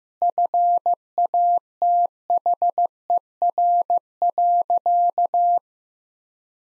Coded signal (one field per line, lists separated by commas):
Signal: Morse code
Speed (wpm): 15 wpm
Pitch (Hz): 700 Hz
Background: none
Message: FATHER.